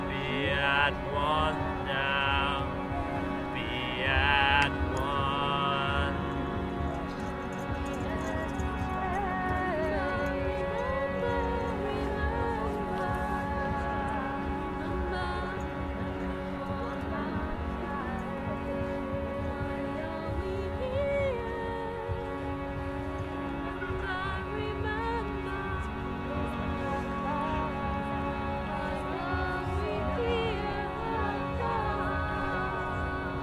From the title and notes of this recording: Stonehenge Solstice 2023 - a Neolithic Soundscape. This summer solstice I headed to Stonehenge to capture the mood of the place.